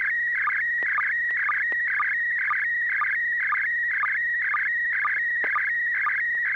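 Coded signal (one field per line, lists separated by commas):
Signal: SSTV (slow-scan television)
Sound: warbling whistle jumping around 2 kHz with short low chirps about twice a second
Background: low hum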